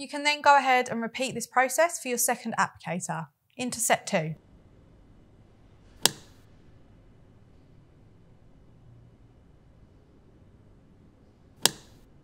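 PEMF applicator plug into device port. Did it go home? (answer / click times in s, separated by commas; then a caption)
yes / 6.1 s, 11.7 s. Someone talks, then the two input connectors of a second PEMF applicator (a localized Loop applicator) are plugged into the top and bottom ports of set two on a Hugo Pro PEMF therapy device and turned fully to the right. Each connector gives one sharp twist-lock click, at 6.1 s and 11.7 s, over a quiet background. Both connectors are seated.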